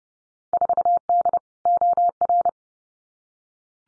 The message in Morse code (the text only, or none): 4D OR